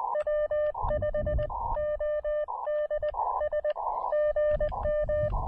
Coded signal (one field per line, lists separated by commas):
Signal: Morse code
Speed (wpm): 20 wpm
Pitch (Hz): 590 Hz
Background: none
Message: W5ODS GM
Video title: Elecraft KX2/AX2 SOTA: Insane QRP DX Using the Smallest, Most Compromised Antenna I Own!